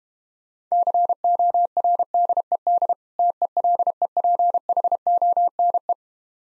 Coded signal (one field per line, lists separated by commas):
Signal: Morse code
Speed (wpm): 32 wpm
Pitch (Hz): 700 Hz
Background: none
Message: CORDED TELEPHONE